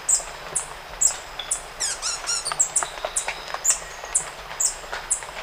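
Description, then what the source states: White-tipped sicklebill calls: sharp, very high notes repeated about twice a second, with a series of descending notes from another bird in the middle. Ecuador.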